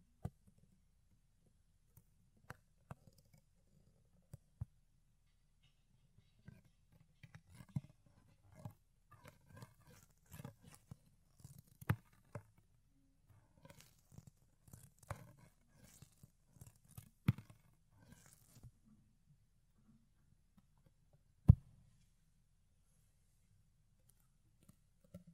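Ear cleaning with soft, fluffy scratching and rubbing sounds that come in irregular bursts, thick with low rumbling texture. Sharp clicks and crackles break through now and then, with a loud pop near twenty-one seconds. Brief quiet gaps separate the busier stretches.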